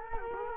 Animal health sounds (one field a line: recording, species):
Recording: mosquito wingbeat signal from an infrared sensor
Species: Culex quinquefasciatus